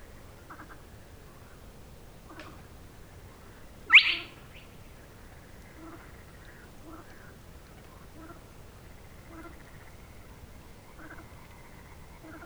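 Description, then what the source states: Spotted crake calling, a faint short whipped note repeated at a steady pace, with one sharp loud click partway through. Recorded at Ammersee south on 26 June 2015.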